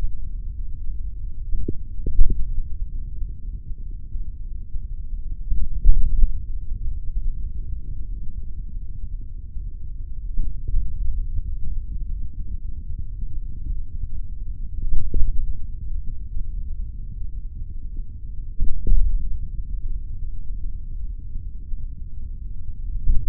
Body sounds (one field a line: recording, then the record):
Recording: forearm muscle sounds (acoustic myography)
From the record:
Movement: index flexion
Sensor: system 3, bracelet of six PUI Audio POM-2738L microphones around the upper forearm, with dedicated amplification and filtering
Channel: 1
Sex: male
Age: 56 years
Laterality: right